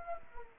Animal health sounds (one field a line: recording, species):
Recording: mosquito wingbeat signal from an infrared sensor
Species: Anopheles gambiae